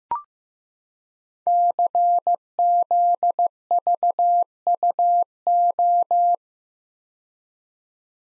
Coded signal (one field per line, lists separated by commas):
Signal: Morse code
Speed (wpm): 15 wpm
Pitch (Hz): 700 Hz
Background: none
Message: CZVUO